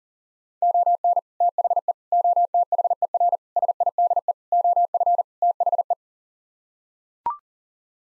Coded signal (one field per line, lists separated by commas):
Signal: Morse code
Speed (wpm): 40 wpm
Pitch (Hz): 700 Hz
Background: none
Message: ON THE OTHER SIDE OF THE